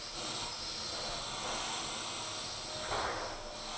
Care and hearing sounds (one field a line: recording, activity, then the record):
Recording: daily activity, microphone in the room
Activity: vacuum cleaning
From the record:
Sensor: 5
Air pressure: 999.4 hPa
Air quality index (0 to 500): 226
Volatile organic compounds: 23 ppm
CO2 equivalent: 2768 ppm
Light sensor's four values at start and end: 34/79/31/30 and 34/79/31/30